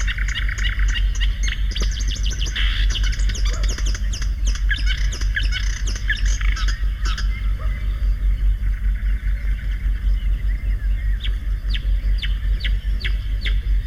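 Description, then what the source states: Marsh Warbler pouring out a hurried, jumbled warble of buzzy and whistled notes, ending in a string of sharp separate ticks, over a persistent low drone. Settles in hedges and willow thickets; simple song decorated with fragments borrowed from other birds.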